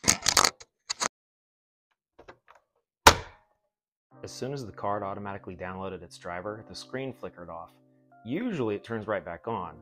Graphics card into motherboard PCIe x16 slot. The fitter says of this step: Now as I push it down, you should be able to hear a satisfying click.